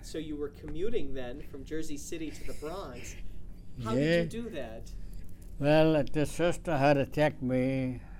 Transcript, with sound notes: ...so you were commuting then from Jersey City to the Bronx.
(Chuckles) Yeah.
How did you do that?
Well, this sister had to take me